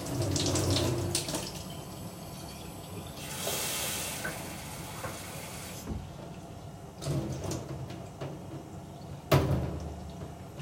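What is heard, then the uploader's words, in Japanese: Water pours into a container in a brief hissing rush amid quiet kitchen handling, with low rumbles and a few sharp clicks and clatters. やかんのお湯を沸かして。アボカドの種に水をあげて。毎日の生活の音。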